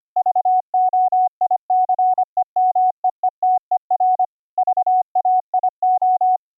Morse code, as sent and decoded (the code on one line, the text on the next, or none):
...- --- .. -.-. . -- . . - . .-. / ...- .- .. ---
VOICEMEETER VAIO